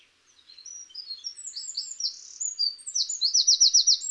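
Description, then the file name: Eurasian wren song, rapid high twittering notes building to a loud fast trill near the end. "Troglodytes troglodytes"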